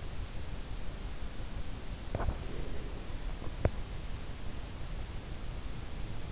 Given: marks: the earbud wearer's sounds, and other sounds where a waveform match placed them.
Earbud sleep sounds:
sounds in sleep by an in-ear microphone; teeth grinding, breath
2.00-3.75 s: teeth grinding
2.42-3.07 s: breath

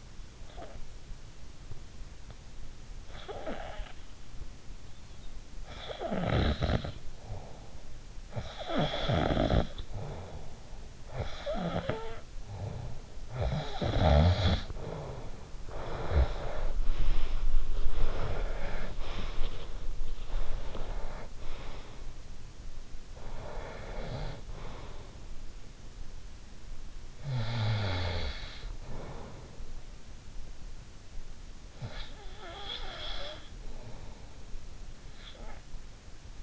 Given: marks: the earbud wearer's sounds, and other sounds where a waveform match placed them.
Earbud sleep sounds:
sounds in sleep by an in-ear microphone; snoring breath, breath
2.93-15.45 s: snoring breath
15.45-26.53 s: breath
26.53-30.72 s: snoring breath
30.72-35.92 s: breath

